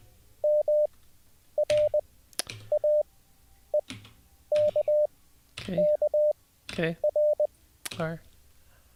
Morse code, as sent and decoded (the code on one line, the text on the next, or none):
-- / .-. / .- / . / -.- / -.- / .-.
M R A E K K R